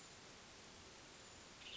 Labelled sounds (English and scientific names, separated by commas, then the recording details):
Western Tanager (Piranga ludoviciana)
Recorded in Sonoma County, California